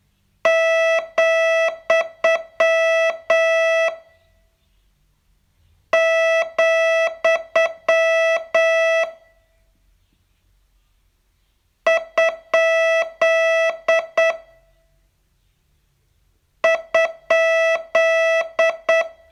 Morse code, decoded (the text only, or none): , , ? ?